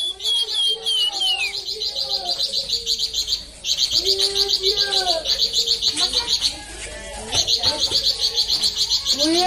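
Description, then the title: Streaked spiderhunter song, a fast run of sharp high chips repeated in long bursts, with lower slurred whistles underneath. Clear, long, lively song used as tutor material for training cage birds. "Pijantung Gunung Gacor Jernih Panjang"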